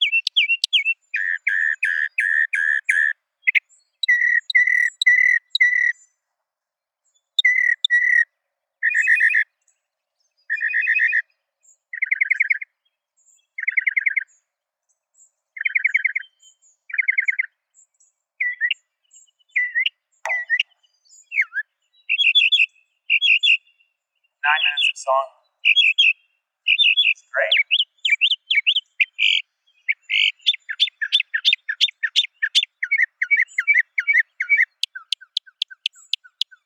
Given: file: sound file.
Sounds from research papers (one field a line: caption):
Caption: Bird C. Mockingbird song material analyzed in this exploratory analysis is from five individual birds.